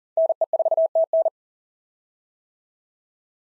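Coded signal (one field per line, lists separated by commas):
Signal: Morse code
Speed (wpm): 40 wpm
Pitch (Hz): 650 Hz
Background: none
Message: NE4TN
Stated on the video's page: POTA exchange practice drill in Morse at 40 wpm, each exchange sent, spoken, then sent again.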